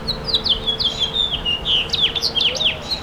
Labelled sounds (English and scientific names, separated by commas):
House Finch (Haemorhous mexicanus) song